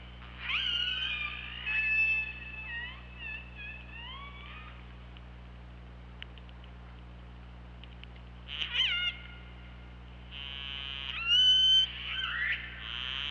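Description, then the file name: Killer whale calls, several harmonic whistled calls with upsweeps and wavering tones, a pause, then pulsed and rising calls again, over a steady low hum. OrcaLab hydrophone, 24 August 2017 at 23:34. "Orca Lab UTLN JASON 20170824 233450"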